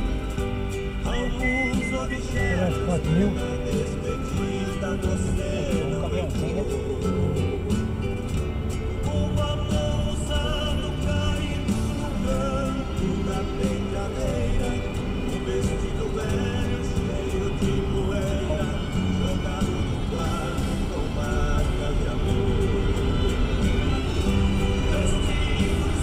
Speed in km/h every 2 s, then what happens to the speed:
18, 23, 25, 27, 31, 34, 35, 35, 36, 36, 37, 39, 41.
0-9 speeds up to 34. 9-19 steady at about 35.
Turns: none.